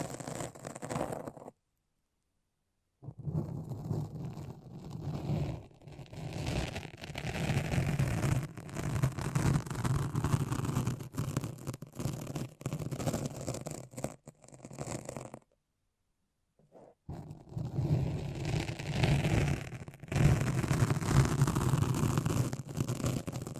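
Foamy, sticky brain-massage sounds come as dense, crackling, squelching scrubbing, with full silences near 2 and 16 seconds before the rubbing resumes.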